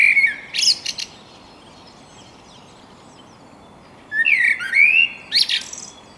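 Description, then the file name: Eurasian blackbird song: a short fluted opening with a high twitter, a pause, then a rich rising warble followed by thin squeaky notes. "Turdus merula"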